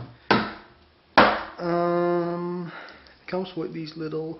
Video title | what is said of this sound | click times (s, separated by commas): Be Quiet! Straight Power 680 W CM E9 Review | these little thingies so they click into place. | 0.3 s, 1.2 s